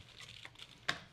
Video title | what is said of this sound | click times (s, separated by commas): How To Make A Large Caliber Cartridge Belt - Handmade Leather Belt #leathercraft | and then put the cap on it here and it kind of snaps in place | 0.9 s